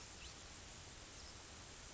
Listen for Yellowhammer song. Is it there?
no